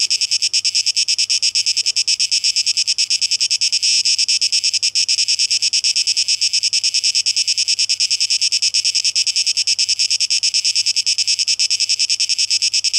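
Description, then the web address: Cicadas give a continuous, bright, rasping buzz with fast pulsing throughout, nothing else prominent. Tape echo mix; recorded 12 August 2023. "rauschpartikel Audio 2023-08-12 Zikaden"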